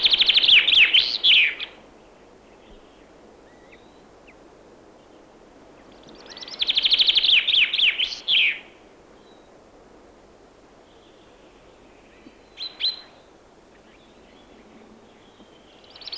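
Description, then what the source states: Chaffinch song: two loud, rapid descending phrases of trilled notes, each ending in a brisk flourish, about six seconds apart, with a short call note later. Song a strongly descending phrase ending in a brisk flourish.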